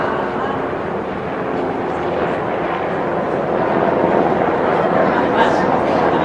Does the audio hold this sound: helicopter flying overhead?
yes